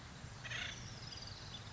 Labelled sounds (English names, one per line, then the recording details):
Acorn Woodpecker
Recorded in Sonoma County, California